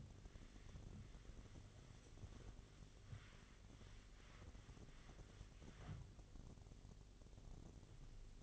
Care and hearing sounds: daily activity, microphone in the room; wipe stove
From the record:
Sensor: 4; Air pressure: 1007.9 hPa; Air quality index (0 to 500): 196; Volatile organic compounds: 7 ppm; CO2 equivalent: 1959 ppm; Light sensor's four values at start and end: 22/71/27/26 and 22/70/27/26

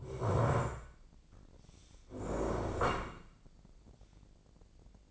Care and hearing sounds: daily activity, microphone in the room; stand up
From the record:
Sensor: 5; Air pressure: 1012.4 hPa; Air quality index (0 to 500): 150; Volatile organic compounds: 2 ppm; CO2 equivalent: 1029 ppm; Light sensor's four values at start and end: 279/668/285/317 and 280/670/286/319

